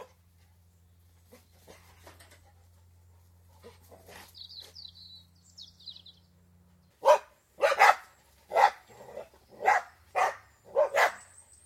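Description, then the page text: Dogs barking in a rapid series of loud barks after a quieter stretch with faint bird chirps. Border Collies and Labradors playing and fighting outdoors, with some early morning birdsong. "BBC. Border Collies & Labradors, exterior, playing & fighting, with some early morning birdsong"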